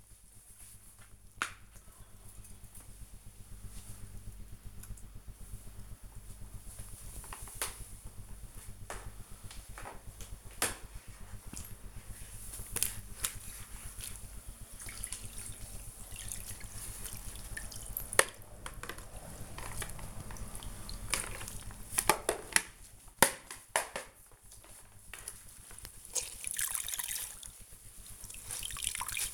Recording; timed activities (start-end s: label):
household activities, microphone on the right wrist
0.00-29.34 s: floor cleaning